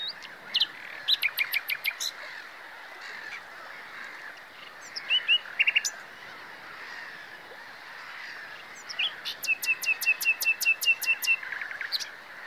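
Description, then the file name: Common nightingale song: bursts of sharp chips separated by pauses, then a loud regular series of about ten repeated notes, over steady background hiss. "Luscinia megarhynchos"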